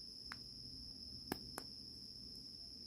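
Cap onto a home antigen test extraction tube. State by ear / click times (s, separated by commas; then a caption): seated / 1.3 s, 1.6 s. A plastic cap is pressed onto a home COVID antigen test extraction tube after the swab has been mixed in the solution. A faint tick at 0.3 s is followed by two sharp snaps at 1.3 and 1.6 s, over a steady high-pitched tone in the background. The snaps show the cap is seated on correctly.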